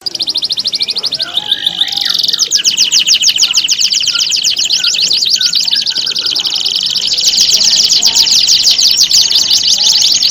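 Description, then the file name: Domestic canary song, a quieter start giving way to loud sustained rolling trills and rapid repeated chirps that grow stronger toward the end. Simulated standard canary singing contest. "audio simulasi lomba kenari standar. omkicau"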